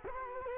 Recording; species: mosquito wingbeat signal from an infrared sensor; Culex quinquefasciatus